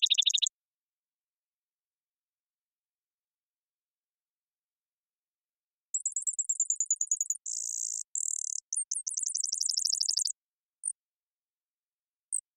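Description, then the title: Brewer's sparrow song: a short high trill, then a long silence, then a run of high trills and buzzy phrases at shifting pitches, ending with two isolated chips. Several males singing or counter-singing; sagebrush steppe, North America; mirthful, playful, bubbling voices, song tumbling out as they teeter on swaying tips of sage stalks. "Brewer's Sparrow Performance"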